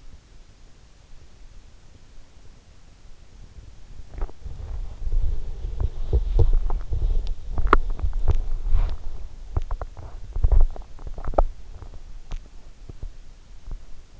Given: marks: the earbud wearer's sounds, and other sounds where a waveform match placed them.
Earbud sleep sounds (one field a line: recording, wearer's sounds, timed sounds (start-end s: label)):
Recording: sounds in sleep by an in-ear microphone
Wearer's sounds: body movement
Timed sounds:
3.86-14.19 s: body movement